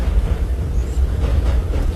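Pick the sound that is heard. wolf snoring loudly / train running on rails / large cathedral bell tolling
train running on rails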